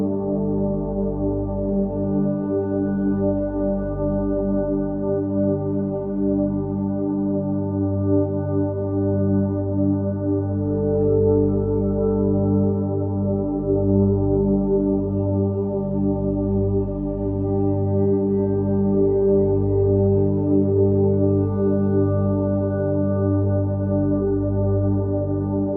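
A sustained G pad holds steady for the whole stretch, a thick stack of low and middle tones with almost nothing bright above. The sound swells slightly around the middle and pulses gently in the bass, with no breaks or separate events.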